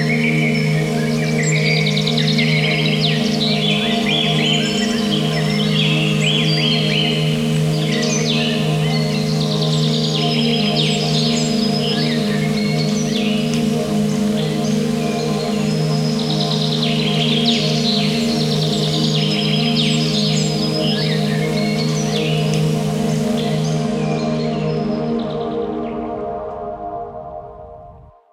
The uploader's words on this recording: Ecoscape meditation with birds and rain + solfeggio 432 Hz + 528 Hz.